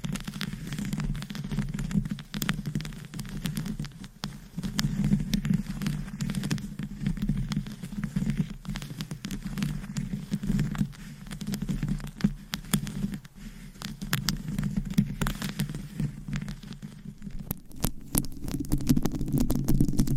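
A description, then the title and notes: Mic scratching fills the whole stretch, a dense, continuous rustle with a strong low scraping body and scattered sharp clicks and pops throughout. The texture stays busy and uneven, and near the end it grows louder and heavier, with a cluster of crisp taps. ASMR Mic Scratching - Brain Scratching on 10 Different Mics. No Talking.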